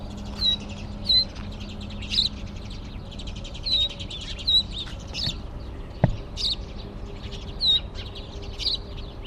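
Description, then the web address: House Sparrow giving a series of short, sharp chirps over a steady low hum and background noise, with one brief click. "Bird Only More Classes Pa Do"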